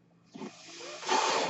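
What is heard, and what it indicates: A rising rush of airy hiss swells into a loud steady blow, the breath cycle of a mechanical ventilator.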